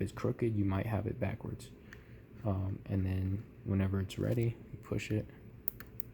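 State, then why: Seated. Someone talks while a 126 GB micro SD card in its adapter is pushed straight into a spring-loaded card slot. A sharp click at 5.7 s, followed by two fainter ticks, marks the spring mechanism latching and locking the card in place.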